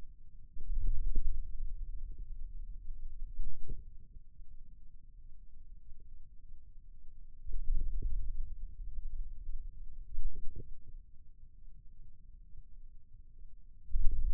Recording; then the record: forearm muscle sounds (acoustic myography)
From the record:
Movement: wrist extension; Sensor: system 2, bracelet of six BSWA MPA416 microphones around the upper forearm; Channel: 1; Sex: male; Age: 22 years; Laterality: right